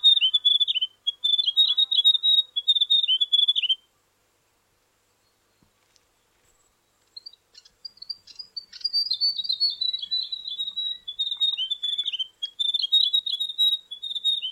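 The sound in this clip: Grey warbler song: a sweet, high, trembling trill for several seconds, a long pause, then the wavering phrases return and continue, dipping and rising repeatedly.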